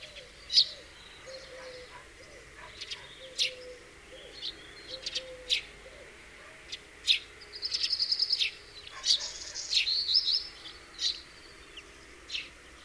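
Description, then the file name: House sparrow calls: scattered sharp chirps throughout, a rapid buzzy trill near the middle, and a low faint tonal sound in the background. "Passer domesticus"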